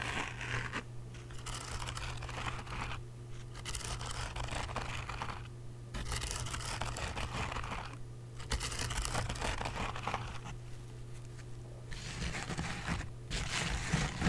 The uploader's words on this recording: ASMR Nintendo Switch Case Sounds.